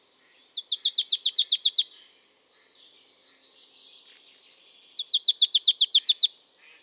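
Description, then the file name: Marsh tit calling a rapid run of high, sharp notes, repeated once after a pause filled with faint calls. "Poecile palustris"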